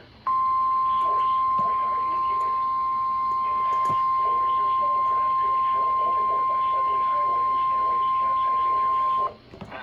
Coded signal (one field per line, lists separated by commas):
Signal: Emergency Alert System (SAME) tones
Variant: 1050 Hz attention tone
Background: speech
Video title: EAS 698-699 - LWX SMW and Relay